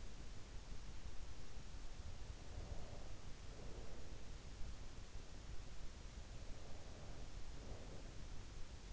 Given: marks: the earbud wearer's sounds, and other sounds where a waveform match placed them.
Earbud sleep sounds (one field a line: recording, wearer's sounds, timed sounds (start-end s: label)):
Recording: sounds in sleep by an in-ear microphone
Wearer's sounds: breath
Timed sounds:
2.34-4.35 s: breath
6.42-8.93 s: breath